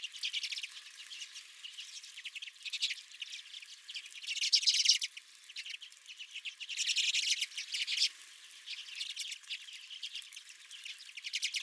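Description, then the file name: Redpoll flock twittering continuously, with busy high chatter rising into louder buzzy bursts around the middle and again later. Redpolls at the recordist's own bird feeder. "Redpolls at My Feeder"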